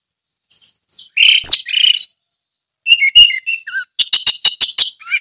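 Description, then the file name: Orange-headed thrush song: warbled whistles, then clipped twittering notes and a rapid series of harsh, scratchy chirps. Ngeplong song style. "anis merah ngeplong"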